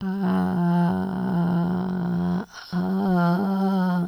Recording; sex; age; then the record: sustained vowel /a/; female; 70 to 79 years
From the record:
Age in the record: 76 years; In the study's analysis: included